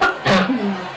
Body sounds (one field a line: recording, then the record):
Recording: coughing mixed with background sound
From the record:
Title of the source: Barking cough - # 10